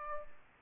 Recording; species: mosquito wingbeat signal from an infrared sensor; Aedes aegypti